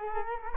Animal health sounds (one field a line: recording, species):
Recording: mosquito wingbeat signal from an infrared sensor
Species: Culex quinquefasciatus